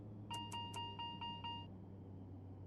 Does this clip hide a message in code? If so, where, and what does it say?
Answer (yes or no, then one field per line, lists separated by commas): no